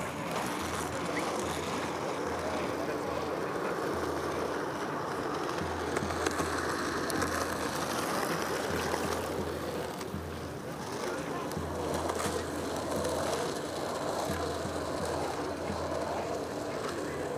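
Hundreds of people go about their activities on the Tempelhofer Freiheit in Berlin, blending into a dense, steady murmur of voices and movement. A low rumble throbs underneath throughout, with a brief dip in loudness around ten seconds.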